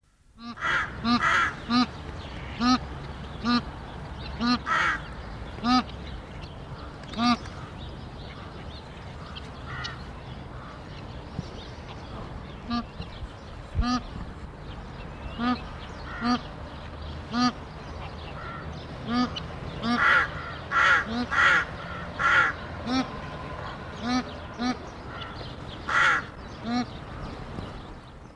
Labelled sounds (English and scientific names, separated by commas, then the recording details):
Bar-headed Goose (Anser indicus) call, Rook (Corvus frugilegus)
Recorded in captivity
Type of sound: call
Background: Corvus frugilegus
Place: Tierpark Görlitz, Sachsen, DE
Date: 1988-02-24 10:00
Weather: overcast, ca. 0°C
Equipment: Nagra SN
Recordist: Tembrock, Günter
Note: Kurzlaute. Hintergrund: Saatkrähe